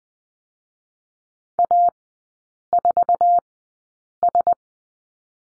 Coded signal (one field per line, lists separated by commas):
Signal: Morse code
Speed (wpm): 20 wpm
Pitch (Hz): 700 Hz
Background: none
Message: A4S